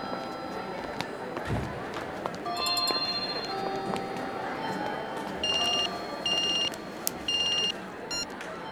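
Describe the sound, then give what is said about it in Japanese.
A phone rings in three short, evenly spaced electronic bursts, a bright buzzing tone over a steady wash of busy background noise, just before a call to a mobile phone connects, in a Brothers Conflict character CD drama. “もしもし姉さん、やっと繋がった。携帯切ってたでしょ。”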